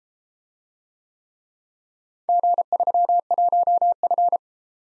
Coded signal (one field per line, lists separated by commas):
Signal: Morse code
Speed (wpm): 33 wpm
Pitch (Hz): 700 Hz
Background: none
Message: G31F